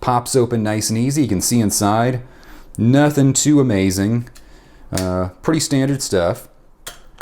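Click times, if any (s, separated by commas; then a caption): none. Someone talks while swinging the hinged plastic film back of a 35mm film camera closed, and the door meets the camera body with two short knocks at about 6.9 and 7.2 seconds. The back does not snap shut on its own, and nothing has latched yet; its tab has to be pushed up by hand to seal it.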